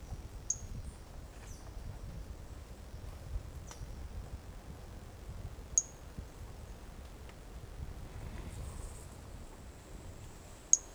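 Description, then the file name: Pumpkin toadlet notes: short, high, chirp-like notes spaced a few seconds apart, the last loudest, over a hissy background. Individual 05 recorded 18 January 2018; first note of the call missing; animal not collected. "Brachycephalus mirissimus 18 jan 2018 individual 05 ex 01 fist note missing L F Ribeiro not collected"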